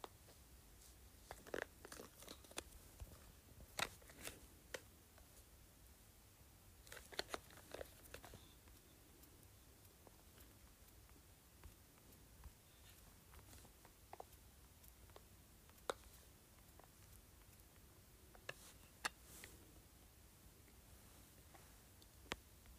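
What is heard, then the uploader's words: An LED light remote gives sharp button clicks in bursts near the start, around seven seconds and toward the end, over a steady low hum. ASMR LED Light Remote.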